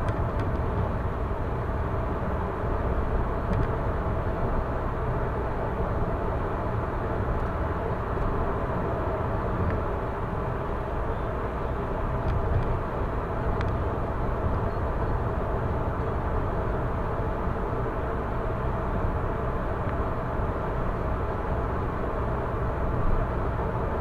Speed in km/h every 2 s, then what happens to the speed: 108, 109, 109, 109, 108, 108, 108, 109, 111, 111, 111, 111.
0-24 steady at about 109.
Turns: none.